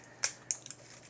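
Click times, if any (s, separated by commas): 0.2 s, 0.5 s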